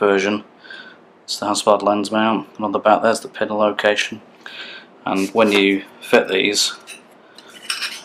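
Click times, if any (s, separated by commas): 7.7 s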